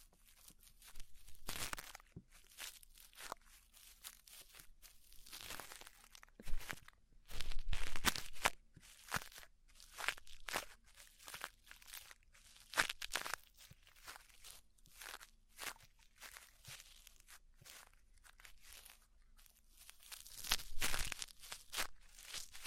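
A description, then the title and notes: An ASMR ear cleaning session made of crinkly, scratchy rustling and crunching sounds that come in irregular bursts. The scraping is bright and textured, with louder clusters around seven to nine seconds and again near twenty-one seconds, separated by quieter, softer brushing. ASMR Deep Ear Cleaning Session.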